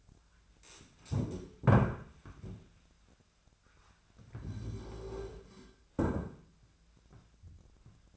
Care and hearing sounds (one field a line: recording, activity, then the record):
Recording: daily activity, microphone in the room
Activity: stand up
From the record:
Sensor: 2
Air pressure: 1008.0 hPa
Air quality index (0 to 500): 180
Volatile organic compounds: 10 ppm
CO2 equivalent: 2208 ppm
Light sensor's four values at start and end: 10/24/10/10 and 10/24/10/10